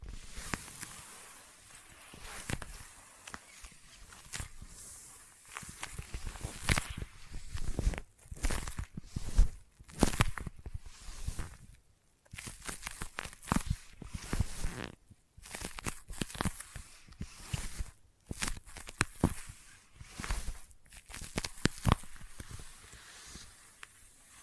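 Sticky tapping and peeling sounds, a dense run of sharp, crackling taps and tacky pulls with no talking. The taps come in irregular bursts, several per second, with brief pauses around 8, 12 and 19 seconds. Each contact is crisp and bright, with a faint hiss underneath.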